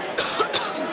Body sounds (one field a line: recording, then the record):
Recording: coughing mixed with background sound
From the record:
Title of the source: November cold (wet coughing)